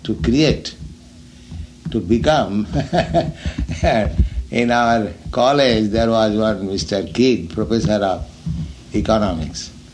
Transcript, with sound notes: to create. To become... [laughs] In our college there was one Mr. Kidd, professor of economics.